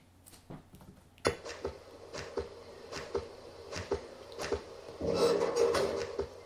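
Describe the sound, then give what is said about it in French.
A door sound effect from the video game Arcanum, taken from the game while playing: a sharp clunk, then a steady series of soft rhythmic knocks, ending in a louder, longer grinding swell before it fades. “Le coup de la porte, là.”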